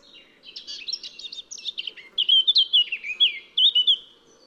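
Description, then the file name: Eurasian blackcap song: rapid scratchy chatter leading into a loud series of clear, whistled phrases. "Sylvia atricapilla"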